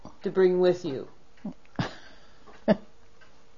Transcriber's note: laughs